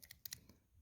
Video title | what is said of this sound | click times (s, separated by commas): Mercedes-Benz key fob battery replacement how-to | Till you hear a click, and then you're locked. | 0.3 s